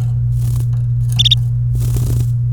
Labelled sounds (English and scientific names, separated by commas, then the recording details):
Domestic Canary (Serinus canaria) song
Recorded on 27 April 2018 at 16:24
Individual llb3